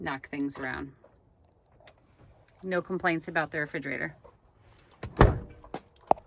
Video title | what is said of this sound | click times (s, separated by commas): GeoPro 14FK 3 Year Update! | locks into place nice and never opens | 6.1 s